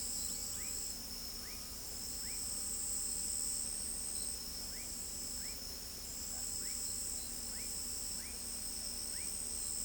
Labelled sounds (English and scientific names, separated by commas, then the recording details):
none
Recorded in pastures near Pivijay, Magdalena, Colombia, on 5 June 2023 at 00:00
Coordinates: 10.456, -74.369
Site P6-G026